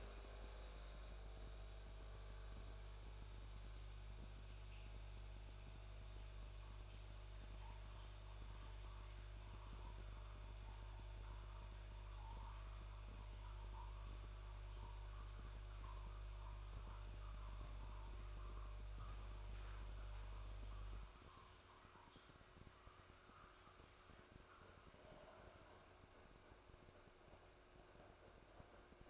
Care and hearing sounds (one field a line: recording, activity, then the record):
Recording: daily activity, microphone in the room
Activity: make coffee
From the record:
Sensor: 2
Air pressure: 1004.2 hPa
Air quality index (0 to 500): 192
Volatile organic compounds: 11 ppm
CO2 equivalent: 2296 ppm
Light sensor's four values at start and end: 4/11/4/4 and 4/11/4/4